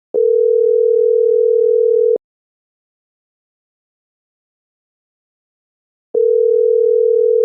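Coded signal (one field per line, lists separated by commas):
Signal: telephone call progress tone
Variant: North America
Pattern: ringback tone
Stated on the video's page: Canadian ringing/ringback call-progress tone: 440 and 480 Hz together, cadence 2.0 seconds on, 4.0 seconds off.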